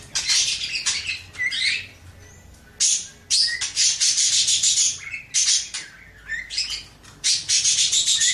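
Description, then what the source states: Oriental magpie-robin giving long rasping, scratchy phrases mixed with short whistled slurs, the bursts separated by brief pauses. Champion bird singing intensely (gacor); bird-training (masteran) recording.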